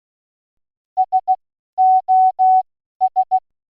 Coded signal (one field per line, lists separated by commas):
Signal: Morse code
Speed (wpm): 16 wpm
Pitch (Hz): 750 Hz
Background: none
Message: SOS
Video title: 2528 Amateur Radio Then and Now (Jul. 9, 2025)